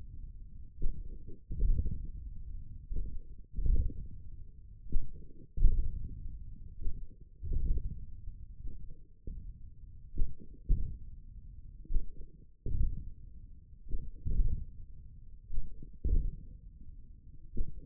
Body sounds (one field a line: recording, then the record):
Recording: forearm muscle sounds (acoustic myography)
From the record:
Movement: hand closing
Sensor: system 1, eight BSWA MPA416 microphones around the upper forearm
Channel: 7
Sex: male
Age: 28 years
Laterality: right